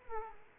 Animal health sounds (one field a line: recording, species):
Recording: mosquito wingbeat signal from an infrared sensor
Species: Aedes aegypti